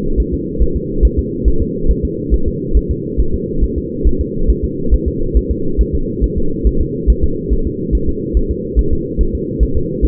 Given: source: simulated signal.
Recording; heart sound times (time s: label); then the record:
fetal heart sounds
0.20 s: S1
0.34 s: S2
0.62 s: S1
0.77 s: S2
1.05 s: S1
1.19 s: S2
1.48 s: S1
1.62 s: S2
1.91 s: S1
2.05 s: S2
2.34 s: S1
2.48 s: S2
2.77 s: S1
2.91 s: S2
3.20 s: S1
3.34 s: S2
3.64 s: S1
3.78 s: S2
4.07 s: S1
4.21 s: S2
4.50 s: S1
4.64 s: S2
4.94 s: S1
5.08 s: S2
5.37 s: S1
5.51 s: S2
5.81 s: S1
5.95 s: S2
6.24 s: S1
6.38 s: S2
6.67 s: S1
6.81 s: S2
7.10 s: S1
7.24 s: S2
7.53 s: S1
7.67 s: S2
7.95 s: S1
8.09 s: S2
8.37 s: S1
8.51 s: S2
8.79 s: S1
8.93 s: S2
9.21 s: S1
9.35 s: S2
9.63 s: S1
9.77 s: S2
10.05 s: S1
From the record:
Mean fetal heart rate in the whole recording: 140 bpm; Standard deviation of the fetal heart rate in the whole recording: 2 bpm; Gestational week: 34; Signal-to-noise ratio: -8.1 dB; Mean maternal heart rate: 72 bpm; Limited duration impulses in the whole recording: absent